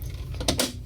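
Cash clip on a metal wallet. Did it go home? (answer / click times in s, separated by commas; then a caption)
yes / 0.5 s. After a bill is pulled out, the cash clip on a metal wallet snaps back into place with a sharp click at 0.5 seconds. A second bright snap follows at about 0.6 seconds. The clip is seated.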